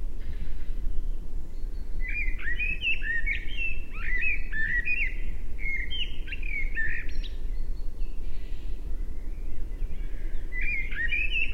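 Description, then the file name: Common blackbird delivering a run of mellow, whistled phrases with twisting notes, pausing briefly before starting again near the end, steady low background rumble throughout. "Turdus merula"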